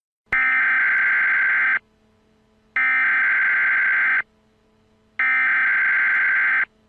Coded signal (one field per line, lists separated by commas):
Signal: Emergency Alert System (SAME) tones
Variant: header bursts